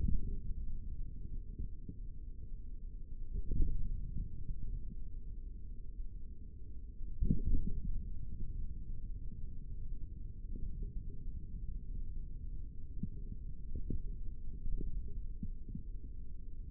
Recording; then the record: forearm muscle sounds (acoustic myography)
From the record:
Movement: index flexion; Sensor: system 3, bracelet of six PUI Audio POM-2738L microphones around the upper forearm, with dedicated amplification and filtering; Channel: 6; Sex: male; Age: 25 years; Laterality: right